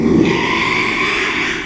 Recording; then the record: squeal of a Yucatan mini pig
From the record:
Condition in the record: after surgery on the right vocal fold (resection and tissue-engineered implant); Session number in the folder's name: 1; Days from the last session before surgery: 6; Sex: male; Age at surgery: 12 weeks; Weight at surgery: 13 kg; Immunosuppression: cyclosporine, prednisolone